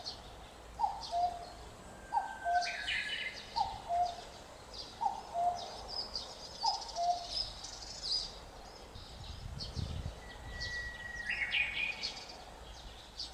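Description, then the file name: Common cuckoo repeating its falling two-note cu-coo five times at fairly even intervals, with other small birds chirping higher up and a thin whistled note near the end. Recorded 25 May 2021. "20210525 カッコウ"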